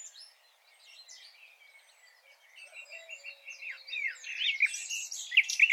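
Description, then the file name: Common nightingale song, a quiet jumble of high varied notes that grows louder and denser toward the end, with quick chattering phrases. "Luscinia megarhynchos"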